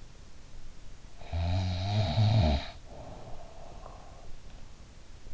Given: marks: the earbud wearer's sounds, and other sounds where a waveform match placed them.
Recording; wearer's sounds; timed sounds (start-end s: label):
sounds in sleep by an in-ear microphone; snoring breath
1.13-3.54 s: snoring breath